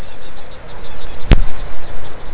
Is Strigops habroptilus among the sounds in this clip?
no